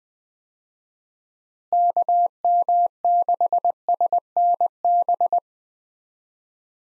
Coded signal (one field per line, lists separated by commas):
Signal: Morse code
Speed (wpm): 20 wpm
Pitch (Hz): 700 Hz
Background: none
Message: KM6SNB